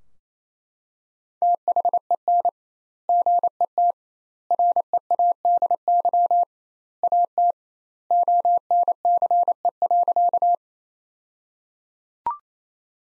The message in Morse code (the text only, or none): THEN GET READY AT ONCE.